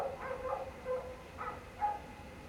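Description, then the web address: Canine howls and yips, several short wavering cries in quick succession over a faint steady hiss. Pack of canines howling outdoors late at night in cold winter air, beside a man-made water fountain. "Omar Alvarado - Minimal ambiences ambience outdoors late night, cold winter air, pack of canine howling into the night and man made water fountain. Sonniss"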